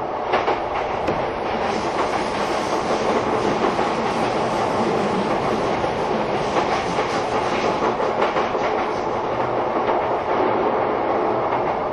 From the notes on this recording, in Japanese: 相鉄・埼京線直通＂特急・普通＂の列車走行音